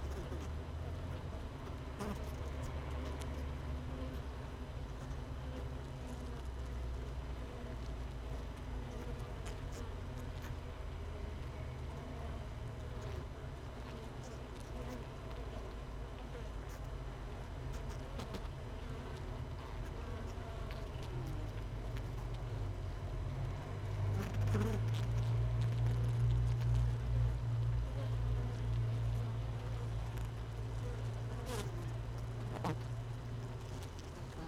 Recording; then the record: honeybee colony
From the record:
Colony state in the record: missing queen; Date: 31 May 2018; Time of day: 17:10